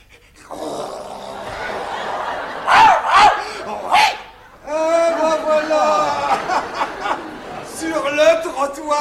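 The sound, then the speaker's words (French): A person imitates a barking dog, giving a few sharp, loud voiced yaps followed by longer, wavering whine-like cries with a strong vocal tone. “Elle ne sera pas obligée d'aboyer.”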